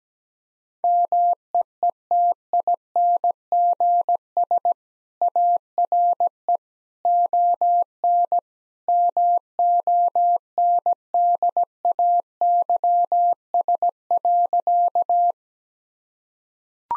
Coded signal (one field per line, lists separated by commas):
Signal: Morse code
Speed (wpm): 17 wpm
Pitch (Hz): 700 Hz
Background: none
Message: MEETINGS ARE ON MONDAYS.